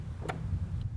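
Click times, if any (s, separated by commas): 0.3 s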